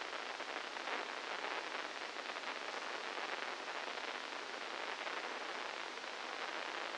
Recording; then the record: brain microelectrode recording played as sound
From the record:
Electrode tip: inside the subthalamic nucleus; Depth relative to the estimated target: -4 mm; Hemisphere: left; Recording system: NeuroSet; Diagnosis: Parkinson's disease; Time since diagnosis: 15 years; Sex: female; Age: 59 years